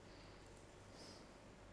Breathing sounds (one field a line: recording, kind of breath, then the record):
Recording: one breath in and out by a microphone near the nose and mouth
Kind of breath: normal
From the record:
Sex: male